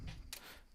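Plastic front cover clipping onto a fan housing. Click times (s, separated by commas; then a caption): 0.3 s. The removable plastic front grille of a fan is refitted onto the fan housing, with the top latch hooked first and then the cover pressed around the fan. A sharp, bright snap at 0.3 s stands out from the low background rumble. The cover snaps into place and is seated.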